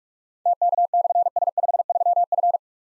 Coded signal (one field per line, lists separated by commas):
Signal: Morse code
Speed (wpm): 44 wpm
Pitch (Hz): 700 Hz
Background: none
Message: TK/S53F